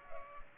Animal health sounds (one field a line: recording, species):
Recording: mosquito wingbeat signal from an infrared sensor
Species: Culex pipiens